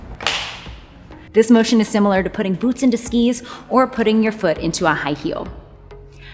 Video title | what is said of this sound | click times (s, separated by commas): Getting Started With Your Bike - Peloton Support | Then push down through your heel until you hear a click. | 0.3 s